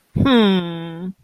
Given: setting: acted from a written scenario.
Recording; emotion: vocal sound without words; sympathy